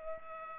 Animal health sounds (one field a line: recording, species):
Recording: mosquito wingbeat signal from an infrared sensor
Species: Culex pipiens